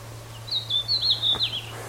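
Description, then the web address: Bird uttering a high, thin, twittering run of quick chirps lasting about a second, with a constant low hum underneath. "Bird Only"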